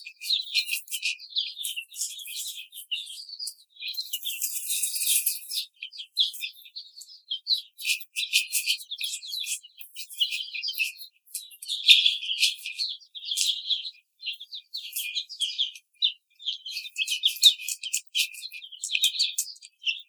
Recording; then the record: young laying hens in a cage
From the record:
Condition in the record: treatment cage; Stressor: simulated dog barking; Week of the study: 5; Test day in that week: 1